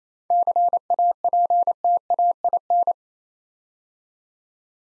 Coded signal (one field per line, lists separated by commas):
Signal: Morse code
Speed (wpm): 28 wpm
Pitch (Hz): 700 Hz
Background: none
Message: CAPTAIN